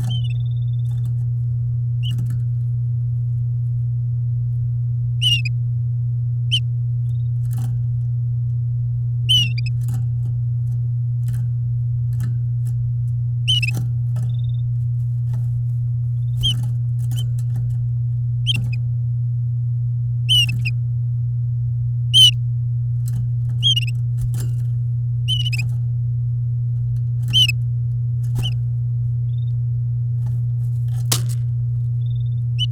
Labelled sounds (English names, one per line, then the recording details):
Domestic Canary song
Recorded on 8 May 2018 at 09:26
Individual llb16